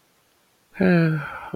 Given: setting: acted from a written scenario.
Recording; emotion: vocal sound without words; romantic love